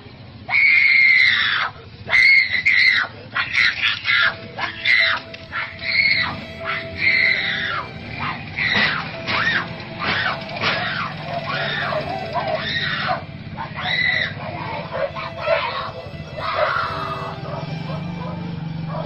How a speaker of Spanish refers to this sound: Ella, lideresa social de su comunidad, fue asesinada frente a su hijo de 9 años, por parte de sicarios, y del cual nos queda este grito de desesperación que estremeció al país.